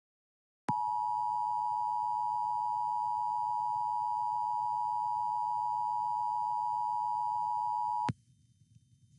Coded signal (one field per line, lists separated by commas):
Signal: Emergency Alert System (SAME) tones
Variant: 853 and 960 Hz attention tone